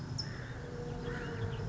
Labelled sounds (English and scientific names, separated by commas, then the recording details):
California Towhee (Melozone crissalis)
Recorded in Sonoma County, California